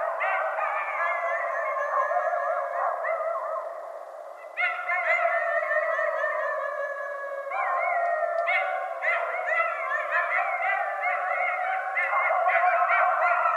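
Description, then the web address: Coyotes howling and yipping together, wavering high howls and quavering yelps overlapping, the chorus dipping briefly then surging again. Several coyotes calling at night, recorded 16 January 2012. "Coyote 2012 01 16 Coyotes 01. night-sounds-pt-5-coyotes"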